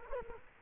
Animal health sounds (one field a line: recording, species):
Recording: mosquito wingbeat signal from an infrared sensor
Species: Culex quinquefasciatus